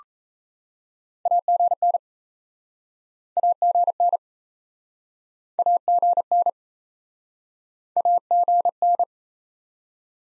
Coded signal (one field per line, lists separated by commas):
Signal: Morse code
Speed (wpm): 37 wpm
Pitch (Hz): 700 Hz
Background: none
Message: AGN AGN AGN AGN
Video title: Top 20 QSO Elements - Speed-Racing - 28wpm